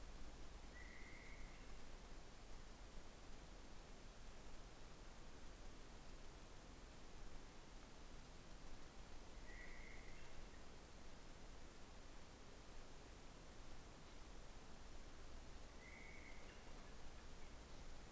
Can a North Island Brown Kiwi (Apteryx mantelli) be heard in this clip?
no